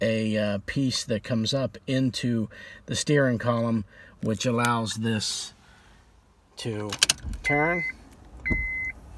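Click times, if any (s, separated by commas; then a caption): none. On a 2002 Honda CR-V, someone talks while handling the ignition lock cylinder, whose metal lock piece comes up into a notch in the steering column so it can turn. Speech fills most of the clip, followed by a few short sharp sounds and two steady high electronic tones near the end. The lock piece has not clicked up into the steering column yet.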